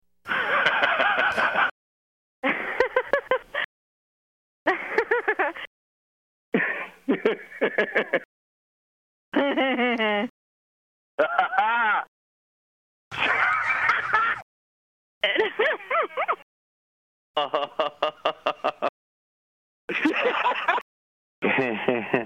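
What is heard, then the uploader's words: A series of about a dozen short, separate bursts of laughter, each a quick run of choppy ha-ha pulses, with clean silence between takes. Laughter Sounds - Sound FX.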